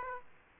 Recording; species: mosquito wingbeat signal from an infrared sensor; Aedes aegypti